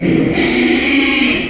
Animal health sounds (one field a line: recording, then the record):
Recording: squeal of a Yucatan mini pig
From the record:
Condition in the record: after surgery on the right vocal fold (resection and tissue-engineered implant)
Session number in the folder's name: 2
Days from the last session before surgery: 13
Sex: male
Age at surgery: 12 weeks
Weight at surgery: 13 kg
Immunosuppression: cyclosporine, prednisolone